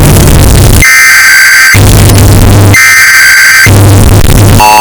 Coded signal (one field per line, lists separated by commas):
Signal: Emergency Alert System (SAME) tones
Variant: header bursts